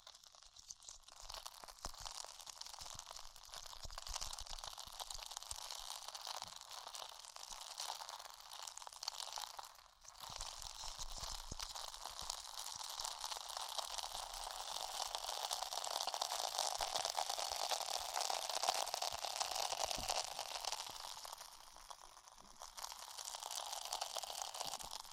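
Ear exploration sounds made of dense, continuous crinkling and crunching, bright and hissy with a hollow middle tone. The texture stays fairly steady, with brief dips near 10 and 22 seconds and occasional sharper crackles throughout.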